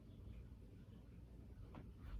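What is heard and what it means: A Dexcom G6 glucose monitor transmitter is pressed into its plastic on-body sensor base over a steady low background rumble. A faint, brief click sounds at 1.7 s, but the transmitter is not all the way in, so it is only partly seated.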